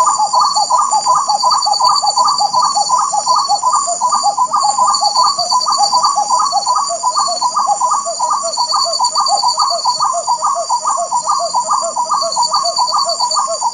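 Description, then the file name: Spot-winged wood quail keeping up a fast stream of low whistled notes throughout, over a steady shrill insect hum. Recorded at Jardim Bopiranga, Itanhaém, São Paulo state, Brazil, on 7 April 2009. "Odontophorus-capoeira-Jd Bopiranga-Itanhaem-SP-Brazil-7-4-09-ASilveira"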